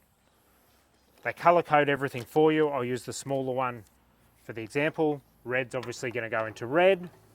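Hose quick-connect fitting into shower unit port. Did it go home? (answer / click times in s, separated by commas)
no / none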